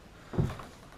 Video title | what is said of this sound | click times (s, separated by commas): allumage d'un feu traditionnel | là, la porte n'est pas enclenchée. | 0.3 s, 0.6 s